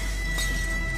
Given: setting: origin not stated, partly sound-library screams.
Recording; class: one-second piece from a danger detection set; woman in danger